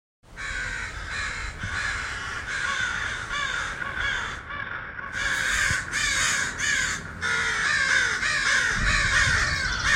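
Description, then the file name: A flock of crows caws almost continuously, overlapping harsh, scratchy calls. "GEIST FX MURDER OF CROWS"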